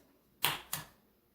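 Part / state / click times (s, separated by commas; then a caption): pull-tab lid of a metal fish can / released / 0.5 s. A thumb presses down on the end of the pull-tab while fingers lift the ring on a sardine-style metal can of Japanese saba kabayaki broiled mackerel. The lid seal snaps open with a sharp click at 0.5 s, followed by a second, softer burst at 0.7 s. Air rushes into the can rather than out, so the seal is judged correct.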